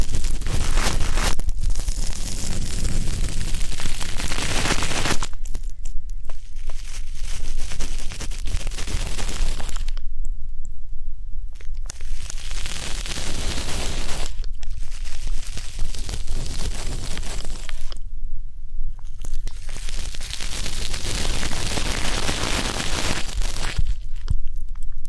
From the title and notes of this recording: ASMR 3D Deep Ear Canal & Eardrum Cleaning (No Talking).